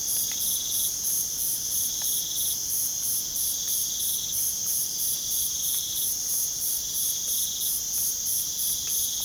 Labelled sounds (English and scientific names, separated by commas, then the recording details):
none
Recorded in pastures near Puerto Asís, Putumayo, Colombia, on 25 June 2025 at 03:30
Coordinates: 0.497, -76.327
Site G040